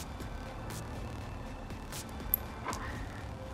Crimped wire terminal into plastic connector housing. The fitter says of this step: hopefully you heard that little reassuring click that's when you know it is in and in place